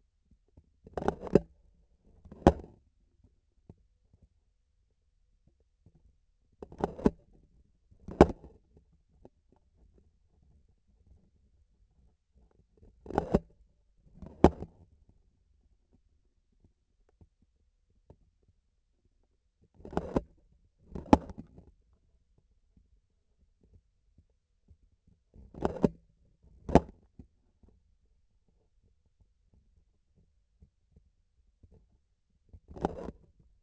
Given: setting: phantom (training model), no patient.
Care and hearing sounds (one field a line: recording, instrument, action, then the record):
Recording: laparoscopic instrument, vibration sensor on the handle end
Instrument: grasping forceps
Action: opening and closing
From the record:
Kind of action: tool actuation without material contact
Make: other than Olympus